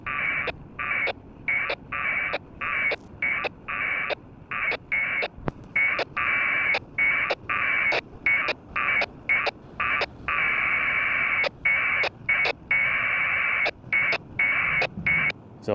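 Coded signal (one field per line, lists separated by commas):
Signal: packet radio (AX.25, as in APRS)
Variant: 1200 baud AFSK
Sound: rapid back-and-forth raspy warbling data bursts with brief pauses and squelch clicks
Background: FM radio squelch tails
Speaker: and we're off again so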